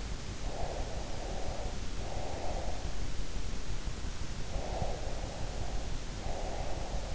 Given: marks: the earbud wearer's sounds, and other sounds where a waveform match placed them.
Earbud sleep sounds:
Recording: sounds in sleep by an in-ear microphone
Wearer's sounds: breath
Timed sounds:
0.38-2.97 s: breath
4.52-7.15 s: breath

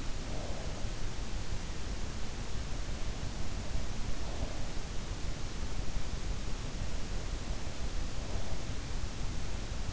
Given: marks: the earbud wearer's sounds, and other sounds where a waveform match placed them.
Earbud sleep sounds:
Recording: sounds in sleep by an in-ear microphone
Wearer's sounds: breath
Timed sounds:
0.00-1.02 s: breath

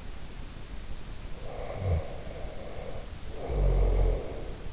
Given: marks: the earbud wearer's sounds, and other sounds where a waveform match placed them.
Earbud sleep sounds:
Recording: sounds in sleep by an in-ear microphone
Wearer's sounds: snoring breath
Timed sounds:
1.36-4.71 s: snoring breath

